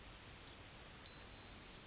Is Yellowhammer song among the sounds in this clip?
no